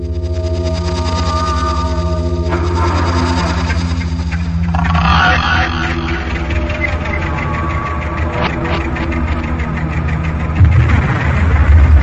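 A boat engine, started at night on the Danh river to head toward a target, runs steadily with a low, droning hum throughout, its pitch rising and shifting a couple of times as it is revved, ending with a brief louder surge.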